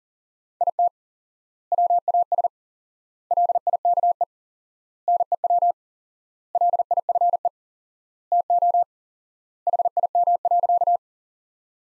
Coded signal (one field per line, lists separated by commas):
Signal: Morse code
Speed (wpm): 37 wpm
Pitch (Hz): 700 Hz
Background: none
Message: IT WAS LIKE NEW LIFE TO HIM.